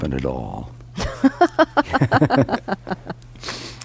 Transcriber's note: laughs